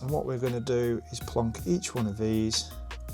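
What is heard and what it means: Someone talks while handling a small plastic part of a 1:8 scale die-cast Toyota Supra model engine, about to push it into the rectangular holes at the top of the cylinder head. The clip ends before the part goes in; nothing has seated or clicked yet.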